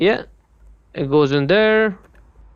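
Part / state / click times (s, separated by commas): rear side marker lamp housing into rear bumper / not seated / none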